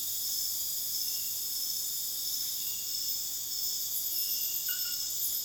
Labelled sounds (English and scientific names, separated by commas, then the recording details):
none
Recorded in dense forest near Puerto Asís, Putumayo, Colombia, on 24 June 2025 at 01:00
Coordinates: 0.484, -76.325
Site H65